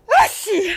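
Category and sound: human body sound, sneeze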